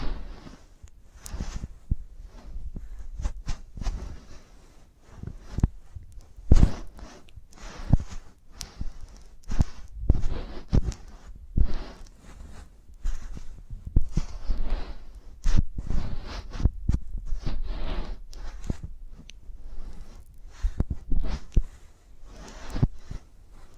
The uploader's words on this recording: ASMR of a Giant Gummy Bear (No Talking).